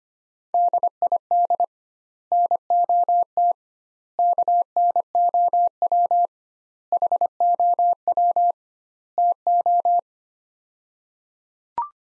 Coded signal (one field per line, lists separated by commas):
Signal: Morse code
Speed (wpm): 25 wpm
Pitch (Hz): 700 Hz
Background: none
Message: DID NOT KNOW HOW TO